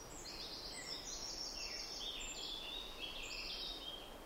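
Common chaffinch song: faint, high notes in short phrases against a steady hiss of background noise.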